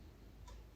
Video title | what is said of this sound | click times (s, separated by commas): Kawasaki KDX200A engine rebuild - episode 2 | they're a bit fiddly and tight to get on so I push them down the screwdrons they snap into the groove it's always nice when you hear that snap | 0.5 s